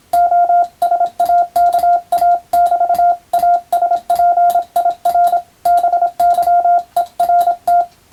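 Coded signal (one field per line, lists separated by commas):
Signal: Morse code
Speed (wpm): 27 wpm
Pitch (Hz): 700 Hz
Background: none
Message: OSAKA <BT> ASPIR BYERT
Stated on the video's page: Morse code practice by a first-class radiotelegraph operator sending with a telegraph key, using a European-language telegram practice book.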